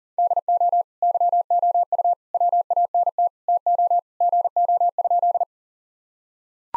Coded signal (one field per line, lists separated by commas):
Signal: Morse code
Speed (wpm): 40 wpm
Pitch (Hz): 700 Hz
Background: none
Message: DO YOU WANT TO GO?